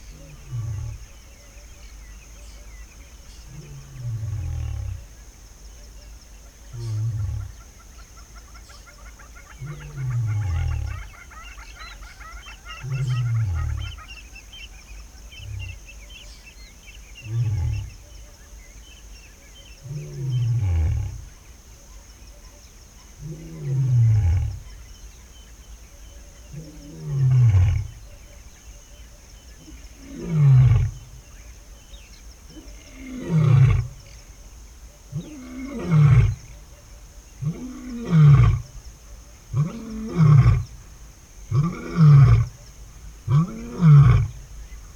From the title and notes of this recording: Kanderi Swamp - Dawn Chorus With Lion. It’s 6am in Tsavo NP at Kanderi swamp. A thin dawn chorus braves the dry season, soon joined by a male lion advertising his territory.